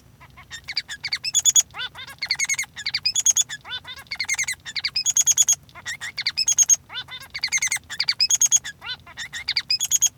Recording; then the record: song of a male Bengalese finch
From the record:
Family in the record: son of father 3